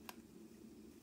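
A rubber eye cup, with its retaining ring already inside, is handled as it is pressed back onto the eyepiece of a Hensoldt spotting scope. A brief sharp tick sounds near 0.1 s over a low steady hum. Nothing has seated or clicked into place yet.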